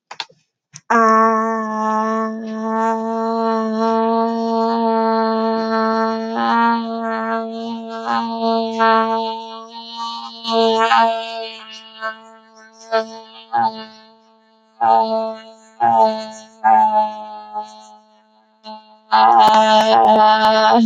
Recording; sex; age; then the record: vowel held as long as possible; female; 20 to 29 years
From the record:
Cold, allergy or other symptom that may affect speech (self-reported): no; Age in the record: 24 years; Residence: West Virginia, United States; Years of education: 12